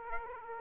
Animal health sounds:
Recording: mosquito wingbeat signal from an infrared sensor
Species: Aedes aegypti

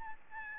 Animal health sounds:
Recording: mosquito wingbeat signal from an infrared sensor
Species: Aedes albopictus

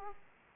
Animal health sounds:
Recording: mosquito wingbeat signal from an infrared sensor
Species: Aedes aegypti

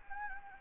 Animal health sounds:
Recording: mosquito wingbeat signal from an infrared sensor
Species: Anopheles gambiae

